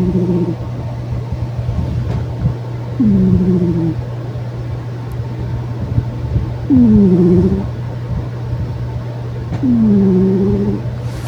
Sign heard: Snores.